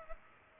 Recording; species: mosquito wingbeat signal from an infrared sensor; Culex pipiens